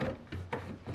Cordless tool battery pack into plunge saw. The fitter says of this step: the handle until it clicks